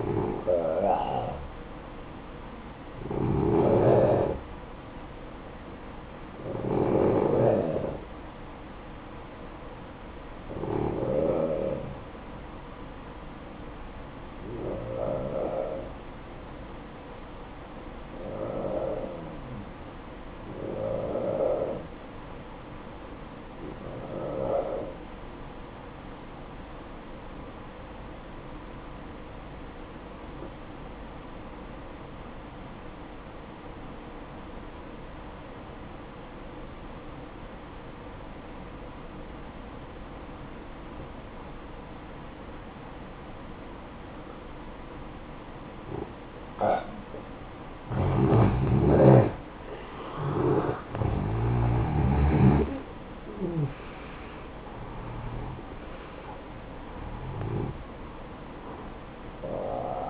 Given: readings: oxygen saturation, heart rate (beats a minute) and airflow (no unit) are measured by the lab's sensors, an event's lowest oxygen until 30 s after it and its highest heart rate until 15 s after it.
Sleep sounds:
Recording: breathing in sleep by a voice recorder at the bedside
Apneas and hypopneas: 1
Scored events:
27.00-57.00 s: new sleep stage, N2 (light sleep)
29.00-49.00 s: obstructive apnea (N2, oxygen 95% highest, then 88% lowest, heart rate 56 at the start, 73 highest)
57.00-60.10 s: new sleep stage, N1 (lightest sleep)
From the record:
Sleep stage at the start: N1 (lightest sleep)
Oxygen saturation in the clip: 89 to 95%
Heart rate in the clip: 54 to 73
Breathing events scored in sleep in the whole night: 573 in 9.8 hours asleep

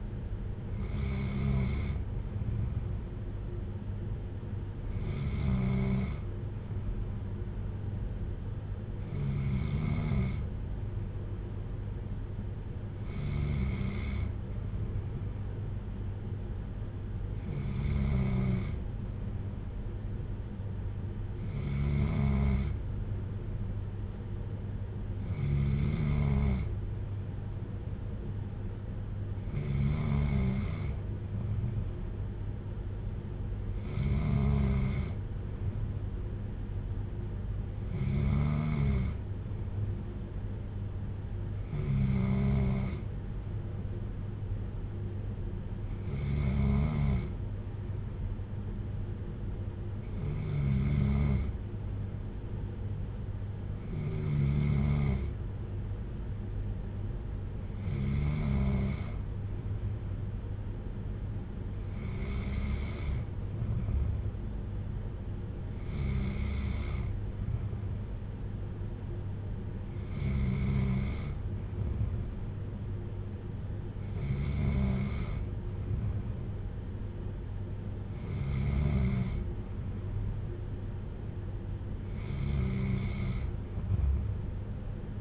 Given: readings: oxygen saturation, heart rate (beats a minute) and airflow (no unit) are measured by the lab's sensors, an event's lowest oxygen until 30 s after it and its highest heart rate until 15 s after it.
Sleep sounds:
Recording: breathing in sleep by a smartphone at the bedside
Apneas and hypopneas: none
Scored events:
none scored
From the record:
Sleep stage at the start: N2 (light sleep)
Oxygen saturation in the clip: 94 to 95%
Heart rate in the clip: 55 to 60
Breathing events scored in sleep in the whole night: 310 in 8.1 hours asleep

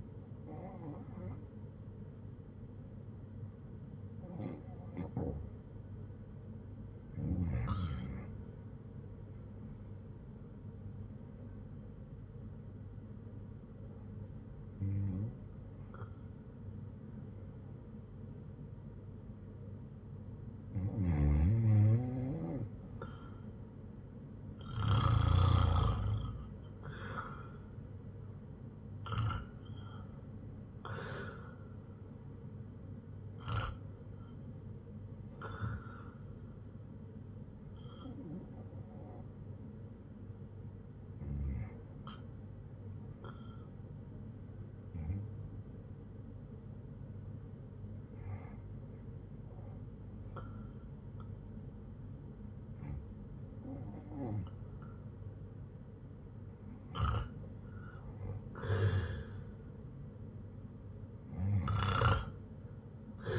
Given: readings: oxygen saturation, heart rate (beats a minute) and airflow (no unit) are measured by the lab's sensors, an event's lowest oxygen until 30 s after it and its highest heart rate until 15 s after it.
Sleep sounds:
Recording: breathing in sleep by a smartphone at the bedside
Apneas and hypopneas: 1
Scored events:
12.00-32.00 s: hypopnea (REM, oxygen 88% highest, then 81% lowest, heart rate 75 at the start, 80 highest)
From the record:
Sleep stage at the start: REM sleep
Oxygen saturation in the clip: 81 to 94%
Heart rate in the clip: 69 to 80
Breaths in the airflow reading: 16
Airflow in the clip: -4.8 to 5.4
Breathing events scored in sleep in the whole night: 182 in 7.4 hours asleep

